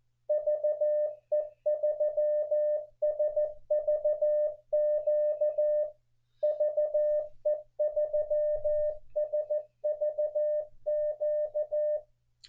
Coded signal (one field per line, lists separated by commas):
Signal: Morse code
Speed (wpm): 14 wpm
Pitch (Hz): 600 Hz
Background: none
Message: VE3SVQ VE3SVQ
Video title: NEW CW OP TRY THESE TWO SLOW SPEED CONTESTS